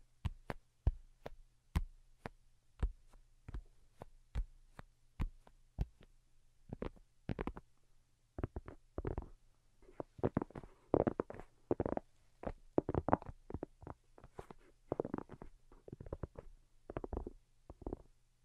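Light tapping sounds in a slow, fairly regular rhythm, sharp, crisp clicks for the first seven seconds, then softer, fuller taps with a duller tone. A steady low hum runs underneath throughout.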